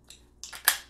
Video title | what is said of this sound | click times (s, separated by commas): TOP 20 FRAGRANCES FOR THE HOLIDAY SEASON* BUYERS GUIDE 2018 * | I liked about a presentation like the cap it snaps into place | 0.7 s